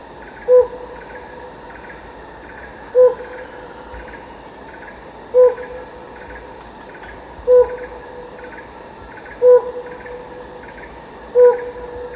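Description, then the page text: Helmeted Hornbill hoots repeated six times, roughly every two seconds, each hollow and even, over a constant chorus of pulsing insects. Recorded at Danum, Borneo, on 1 April 2006. "DANUM 20060401. Sound of Helmeted Hornbill at Danum by EDWARDS, David - Borneo Bird Images"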